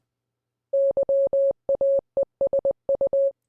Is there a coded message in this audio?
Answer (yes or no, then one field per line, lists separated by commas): yes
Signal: Morse code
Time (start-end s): 0.7-3.3 s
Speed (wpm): 20 wpm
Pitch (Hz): 550 Hz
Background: none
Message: YAESU